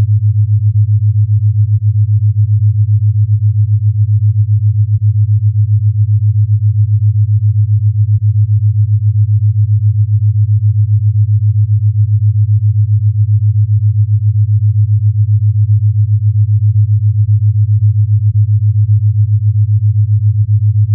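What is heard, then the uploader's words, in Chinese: A steady, deep hum of theta brainwave tone at 7.5 Hz holds unchanged throughout, with a soft low pulsing and nothing else. 西塔脑波7.5Hz丨θ频率。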